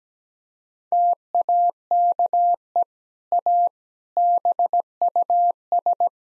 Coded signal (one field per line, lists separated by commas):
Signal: Morse code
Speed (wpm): 17 wpm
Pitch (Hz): 700 Hz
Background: none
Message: TAKE A BUS